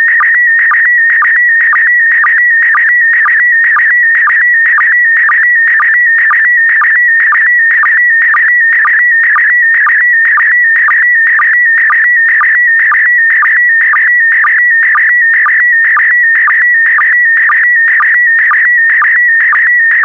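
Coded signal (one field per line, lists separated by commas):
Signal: SSTV (slow-scan television)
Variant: PD120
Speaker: Five, four, three, two, one. Thank you. Transmission complete. You can now check your decoded image against the picture that is shown on the video.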